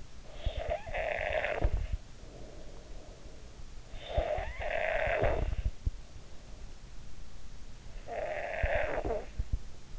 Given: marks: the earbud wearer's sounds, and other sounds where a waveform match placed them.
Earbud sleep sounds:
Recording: sounds in sleep by an in-ear microphone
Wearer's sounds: snoring breath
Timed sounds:
0.00-3.57 s: snoring breath
3.76-6.23 s: snoring breath
7.63-9.94 s: snoring breath

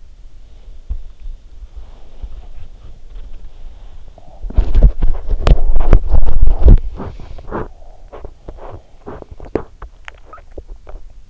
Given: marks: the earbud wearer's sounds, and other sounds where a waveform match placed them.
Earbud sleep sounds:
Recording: sounds in sleep by an in-ear microphone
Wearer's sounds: breath, body movement, teeth grinding, swallowing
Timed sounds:
0.15-2.60 s: breath
1.05-10.29 s: body movement
6.71-7.78 s: breath
8.09-9.79 s: teeth grinding
9.83-11.30 s: swallowing

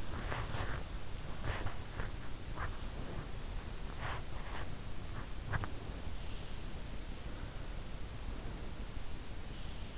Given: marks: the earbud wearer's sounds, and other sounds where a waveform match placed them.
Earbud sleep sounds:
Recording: sounds in sleep by an in-ear microphone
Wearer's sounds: body movement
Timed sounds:
0.00-6.07 s: body movement

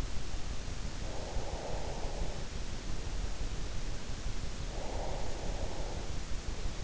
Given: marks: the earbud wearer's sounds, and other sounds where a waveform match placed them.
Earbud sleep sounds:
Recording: sounds in sleep by an in-ear microphone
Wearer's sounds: breath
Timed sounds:
0.69-2.79 s: breath
4.50-6.28 s: breath

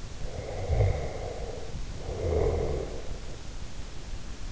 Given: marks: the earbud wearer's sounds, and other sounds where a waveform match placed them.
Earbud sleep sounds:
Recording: sounds in sleep by an in-ear microphone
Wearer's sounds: snoring breath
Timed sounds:
0.10-3.28 s: snoring breath

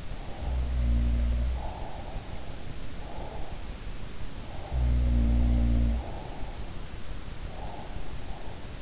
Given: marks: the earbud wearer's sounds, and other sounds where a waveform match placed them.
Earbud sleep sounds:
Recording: sounds in sleep by an in-ear microphone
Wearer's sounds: breath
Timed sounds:
0.11-2.23 s: sound from someone else or the room
2.82-4.00 s: breath
4.22-6.60 s: sound from someone else or the room
7.32-8.50 s: breath

